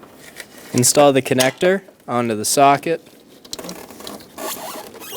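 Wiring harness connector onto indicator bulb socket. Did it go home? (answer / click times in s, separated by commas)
yes / 3.5 s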